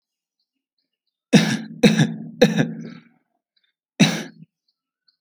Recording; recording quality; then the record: shallow voluntary cough; excellent, no background noise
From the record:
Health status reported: healthy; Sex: male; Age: 25 years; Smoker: yes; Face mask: not worn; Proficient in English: yes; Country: India